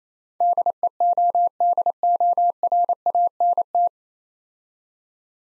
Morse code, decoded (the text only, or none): DEODORANT